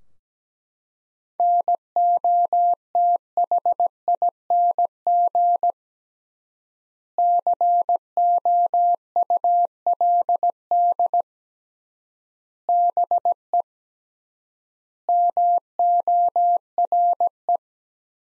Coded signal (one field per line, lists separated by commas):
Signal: Morse code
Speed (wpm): 17 wpm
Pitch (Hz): 700 Hz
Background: none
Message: NOTHING COULD BE MORE